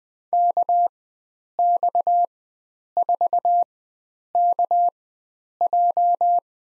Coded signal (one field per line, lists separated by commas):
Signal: Morse code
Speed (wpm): 20 wpm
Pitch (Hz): 700 Hz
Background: none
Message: KX4KJ